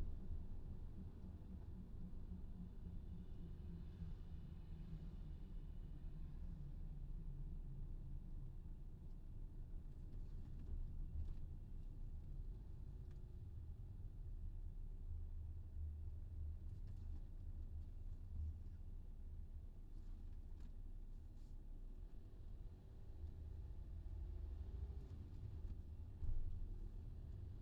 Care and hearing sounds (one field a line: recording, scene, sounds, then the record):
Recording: everyday scene through a hearing-aid microphone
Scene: in a vehicle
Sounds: engine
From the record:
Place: VW T5 Caravelle, diesel engine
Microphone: in the ear canal, left